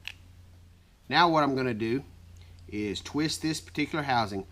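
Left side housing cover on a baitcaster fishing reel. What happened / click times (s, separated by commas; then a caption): A small housing pops free of its lock / 0.1 s. With the release lever opened, a hand twists the left side housing cover of a baitcaster fishing reel, and a single short, sharp click at 0.1 s marks the housing popping up off its lock. The housing is released, and someone then talks.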